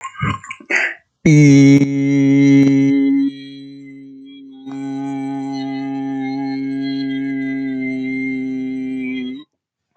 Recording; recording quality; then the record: sustained vowel as in beet; excellent, no background noise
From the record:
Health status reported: healthy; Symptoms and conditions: none ticked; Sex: male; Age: 21 years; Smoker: not ticked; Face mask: not worn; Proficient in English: no